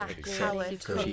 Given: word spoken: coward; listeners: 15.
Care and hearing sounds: one English word in noise, from a listening test; four-talker babble; -0.5 dB; 3 of 15; 6 of 15; 0.73 s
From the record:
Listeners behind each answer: 6, 3, 2, 1, 1, 1, 1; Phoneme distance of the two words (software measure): 17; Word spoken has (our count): 2 syllables, 4 phonemes, stress on syllable 1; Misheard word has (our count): 2 syllables, 3 phonemes, stress on syllable 1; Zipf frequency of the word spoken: 3.67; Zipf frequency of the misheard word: 5.29

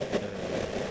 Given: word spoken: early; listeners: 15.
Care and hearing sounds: one English word in noise, from a listening test; noise modulated by three-talker babble; -6.3 dB; 0 of 15; 7 of 15; 0.51 s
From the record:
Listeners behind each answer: 7, 1, 1, 1, 1, 1, 1, 1, 1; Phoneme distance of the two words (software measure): 24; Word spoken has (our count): 2 syllables, 3 phonemes, stress on syllable 1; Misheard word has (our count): 1 syllable, 3 phonemes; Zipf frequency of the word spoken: 5.32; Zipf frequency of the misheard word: 5.45

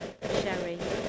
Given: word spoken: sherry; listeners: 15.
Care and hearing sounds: one English word in noise, from a listening test; noise modulated by three-talker babble; -4.6 dB; 3 of 15; 12 of 15; 0.69 s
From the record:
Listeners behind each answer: 12, 3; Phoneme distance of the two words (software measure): 10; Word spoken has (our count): 2 syllables, 4 phonemes, stress on syllable 1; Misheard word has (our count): 2 syllables, 4 phonemes, stress on syllable 1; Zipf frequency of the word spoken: 3.73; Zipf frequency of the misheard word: 4.23

